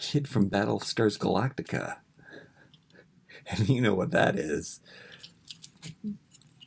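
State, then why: Seated. Someone talks while pressing a plastic Snake Men He-Man head onto a Masters of the Universe Origins action figure's neck peg, with faint plastic clicks and handling sounds in the pauses. A sharp pop at 5.6 seconds marks the head seating onto the neck joint.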